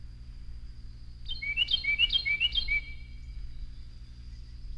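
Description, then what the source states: Carolina Wren song variant: a brisk series of four ringing slurred whistles, each phrase rising, delivered in about a second and a half above a constant low-pitched hum. A variation of the Carolina wren's song; song very repetitive and rhythmical.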